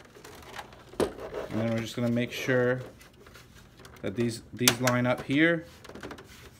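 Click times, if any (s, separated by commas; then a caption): none. A PS4 Pro console case part is handled and lined up with the console chassis while someone talks, with a few short taps and handling noises in between. The clip ends just before the part is pushed home, so nothing has seated or clicked yet.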